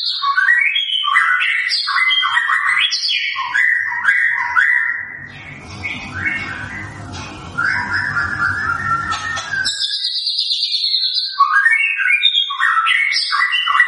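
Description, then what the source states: White-rumped shama singing loudly: fast, varied whistled phrases that leap up and down in pitch, with a noisy rustling burst partway through before the song resumes. Lure sound of a vigorously singing bird, used to make other white-rumped shamas sing and respond.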